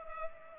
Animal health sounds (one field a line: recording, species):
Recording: mosquito wingbeat signal from an infrared sensor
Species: Culex pipiens